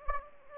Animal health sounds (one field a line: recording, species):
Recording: mosquito wingbeat signal from an infrared sensor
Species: Anopheles gambiae